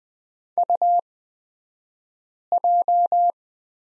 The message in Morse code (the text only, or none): UJ